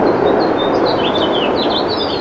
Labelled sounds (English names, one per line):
House Finch song